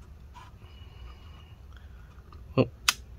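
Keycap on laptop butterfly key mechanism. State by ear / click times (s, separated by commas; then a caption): seated / 2.9 s. A plastic keycap is pressed back onto the butterfly key mechanism of a 2016–2019 MacBook Pro/Air laptop keyboard during a hinge replacement repair. Faint taps lead into a soft knock at about 2.6 s, then a sharp, bright snap at 2.9 s as the keycap seats home.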